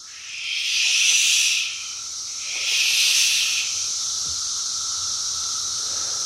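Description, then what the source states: Cassin's periodical cicada chorus, a loud high hissing buzz that swells and fades in two waves, then holds steady. Millions calling together synchronize into waves of noise, thought to separate them acoustically from Magicicada septendecim.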